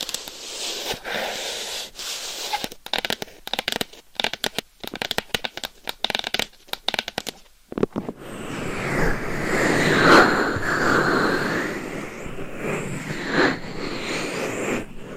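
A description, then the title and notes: Claws scratch and tap against a microphone. For the first eight seconds the sound comes as rapid, irregular bursts of scraping and sharp taps with brief gaps between them. After that it turns into a continuous, dense, bright rubbing that swells and fades until the end. ASMR Binaural Mic Scratching & Tapping with Claws.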